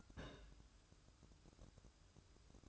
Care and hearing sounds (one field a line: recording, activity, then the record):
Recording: daily activity, microphone in the room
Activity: place on stove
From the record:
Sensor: 2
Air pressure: 1007.9 hPa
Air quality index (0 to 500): 106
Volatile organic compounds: 1 ppm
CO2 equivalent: 798 ppm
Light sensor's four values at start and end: 7/16/6/6 and 7/16/6/6